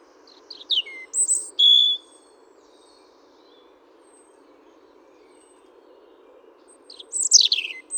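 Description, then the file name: European robin singing a burst of varied high thin notes and slurs, a long pause, then another tumbling high phrase. "Erithacus rubecula"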